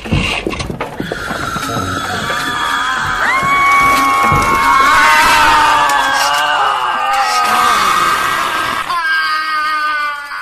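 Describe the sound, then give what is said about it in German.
Many screaming clocks go off at once, a dense, loud chorus of shrill, overlapping wails and shrieks rising and sliding in pitch for about nine seconds before abruptly cutting off. “Ich bin schreiende Uhren gewöhnt.”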